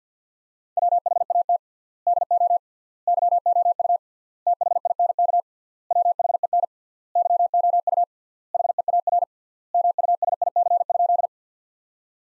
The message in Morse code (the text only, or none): WHAT DO YOU THINK WHEN YOU HEAR MUSIC?